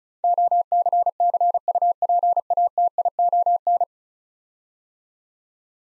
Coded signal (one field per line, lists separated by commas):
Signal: Morse code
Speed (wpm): 36 wpm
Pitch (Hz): 700 Hz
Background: none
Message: OCCUPATION